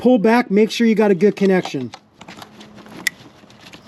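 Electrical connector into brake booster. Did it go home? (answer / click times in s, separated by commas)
yes / 3.1 s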